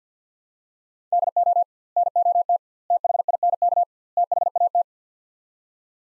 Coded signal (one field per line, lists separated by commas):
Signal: Morse code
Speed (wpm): 50 wpm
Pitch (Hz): 700 Hz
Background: none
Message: DO NOT THINK THAT